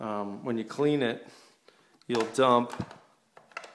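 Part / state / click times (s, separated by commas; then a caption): paint container into handheld paint sprayer / seated / 3.6 s. Someone talks while refitting the plastic paint container onto a handheld Wagner Airless Paintcrew Power Paint Sprayer during cleanup. Two faint ticks at about 3.4 and 3.5 s lead to a sharp snap at 3.6 s as the cup snaps back in and seats.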